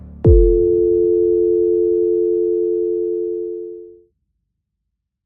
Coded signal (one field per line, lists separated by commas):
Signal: telephone call progress tone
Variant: North America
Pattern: dial tone